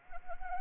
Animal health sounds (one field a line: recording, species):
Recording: mosquito wingbeat signal from an infrared sensor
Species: Anopheles arabiensis